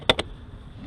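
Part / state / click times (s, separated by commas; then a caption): battery-shaped storage bag into e-bike frame battery mount / seated / 0.1 s. A battery-shaped storage bag with a metal frame and a waterproof nylon case is pushed onto the battery mount of a 2018 R&M Delite GX Rohloff e-bike, where it locks in like a battery; no key is needed to install it, only to remove it. A sharp click at 0.1 s marks it seating, followed by a quieter second click at about 0.2 s. The bag is locked into the frame mount.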